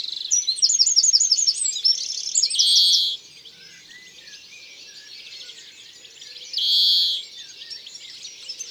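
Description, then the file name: European greenfinch song: rapid twittering trills and chirps, broken by two drawn-out, wheezy buzzes near three and seven seconds, with quiet gaps between phrases. "Verdier-d Europe-ABC-des-chants-doiseaux"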